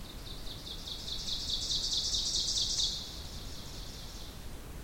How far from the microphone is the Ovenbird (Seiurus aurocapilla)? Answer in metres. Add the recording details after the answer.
about 30 m. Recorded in boreal forest in Alberta, Canada, on 2 June 2016 at 07:37. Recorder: SongMeter 3, array SBT-3-7. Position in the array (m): 208 m, 86 m. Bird 6